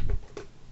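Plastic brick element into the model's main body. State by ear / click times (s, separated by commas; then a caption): seated / 0.4 s. A plastic Lego element is pushed into the main body of a Lego lion model. A soft tick comes at 0.1 s, then a sharper click at 0.4 s as the part locks into place. It seats firmly and feels very sturdy.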